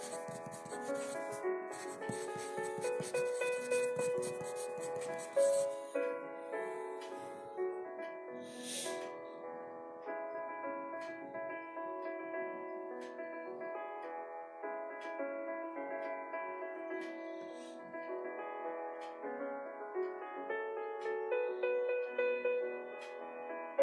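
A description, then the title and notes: Soft K-pop piano plays steadily throughout, a flowing melody of many overlapping mid-range notes. Quick scratchy pencil strokes sit over the music during the first six seconds, and a brief papery rustle like a page turning comes near seven seconds. Kpop piano study session, pencil asmr, page turning. It was actually 4:30 or so in the morning when I recorded this.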